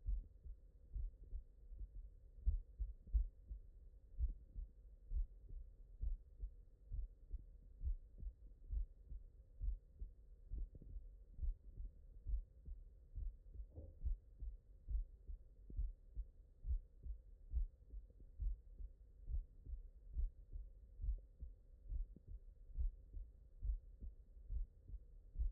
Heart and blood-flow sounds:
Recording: heart sounds by stethoscope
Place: mitral valve (MV)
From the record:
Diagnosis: non-HFrEF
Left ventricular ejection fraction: 69%

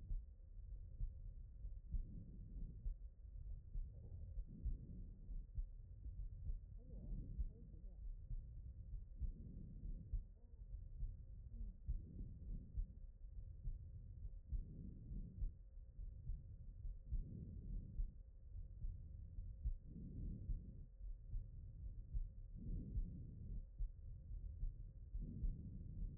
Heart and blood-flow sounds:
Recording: heart sounds by stethoscope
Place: pulmonary valve (PV)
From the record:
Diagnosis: HFrEF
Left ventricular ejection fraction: 22%

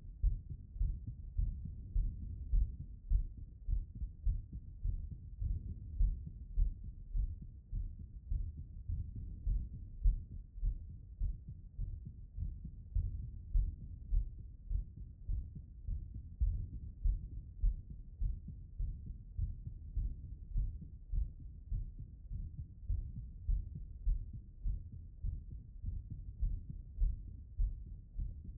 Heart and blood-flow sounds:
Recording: heart sounds by stethoscope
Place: aortic valve (AV)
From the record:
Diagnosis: non-HFrEF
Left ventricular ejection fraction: 65%

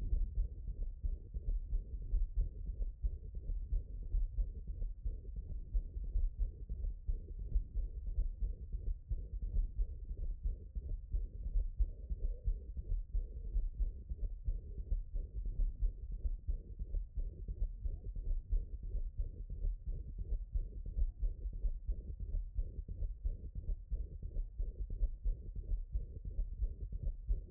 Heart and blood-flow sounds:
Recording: heart sounds by stethoscope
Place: tricuspid valve (TV)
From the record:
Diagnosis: HFrEF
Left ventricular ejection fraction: 28%

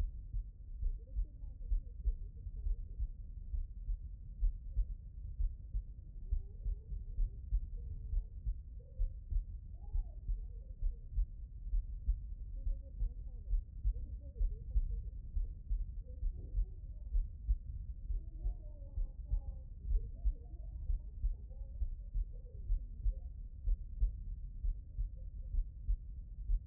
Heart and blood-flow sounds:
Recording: heart sounds by stethoscope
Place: aortic valve (AV)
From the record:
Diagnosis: non-HFrEF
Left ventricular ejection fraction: 64%

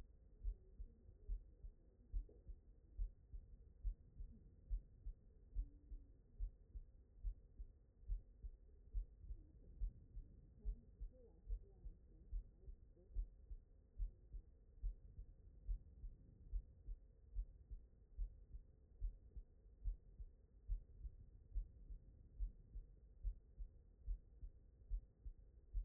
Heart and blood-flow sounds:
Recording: heart sounds by stethoscope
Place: aortic valve (AV)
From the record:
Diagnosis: non-HFrEF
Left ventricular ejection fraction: 66%

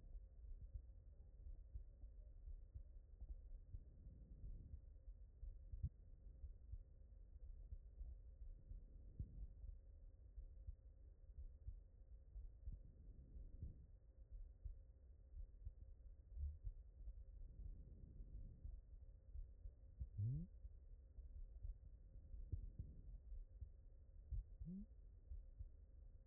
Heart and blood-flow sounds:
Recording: heart sounds by stethoscope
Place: pulmonary valve (PV)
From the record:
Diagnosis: non-HFrEF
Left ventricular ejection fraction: 60%

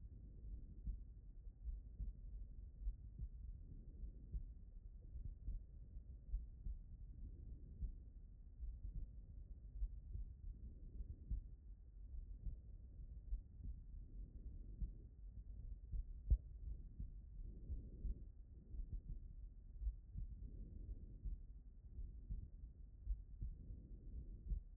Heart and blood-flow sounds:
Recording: heart sounds by stethoscope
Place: tricuspid valve (TV)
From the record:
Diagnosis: non-HFrEF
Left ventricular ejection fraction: 50%

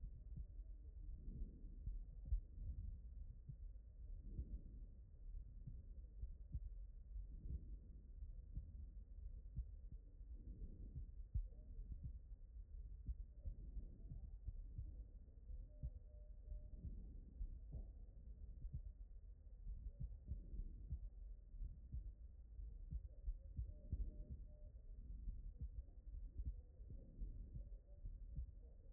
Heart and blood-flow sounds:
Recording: heart sounds by stethoscope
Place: aortic valve (AV)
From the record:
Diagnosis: non-HFrEF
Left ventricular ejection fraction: 44%

